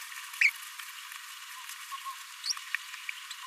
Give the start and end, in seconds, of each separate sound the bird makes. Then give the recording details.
0.41-0.50, 2.47-2.53. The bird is a male. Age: 26 days. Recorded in a nest box in Venezuela. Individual 17B42A3